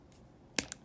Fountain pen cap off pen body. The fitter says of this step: and pop off just like when it was new if you do this too often you will degrade some of the parts inside